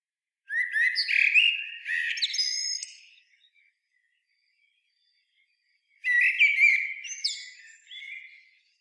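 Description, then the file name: Common blackbird giving two song phrases, each a low flowing fluted warble topped by shrill high twittering notes, with a pause between. "Turdus merula"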